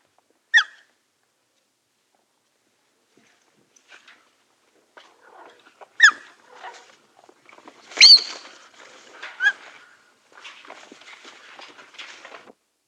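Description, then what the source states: Birds chirping in sparse, sharp single notes spread throughout, with soft fluttering and rustling between them and a scratchy busier patch near the end. Birds flying lightly while chirping.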